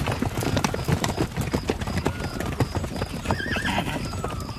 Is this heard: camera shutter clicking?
no